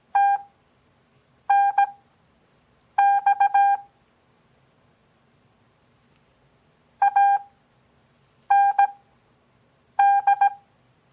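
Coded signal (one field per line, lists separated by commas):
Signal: Morse code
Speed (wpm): 17 wpm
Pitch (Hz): 800 Hz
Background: none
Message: TNX AND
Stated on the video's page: Morse copying practice as a mock contact between two fictitious stations, at Farnsworth speed of 6 WPM with 17 WPM character speed.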